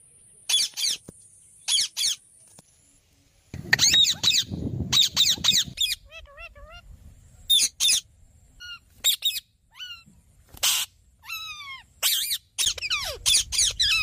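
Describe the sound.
Bird calls: harsh scratchy squawks in quick irregular bursts, with short whistled downslurs and a stretch of low rumbling noise in between.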